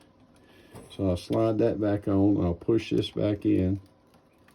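Someone talks while sliding a door knob back onto its spindle and pushing it in so the retaining piece can lock into the indent, with only faint small ticks at the start and end. The knob has not locked or clicked into place yet.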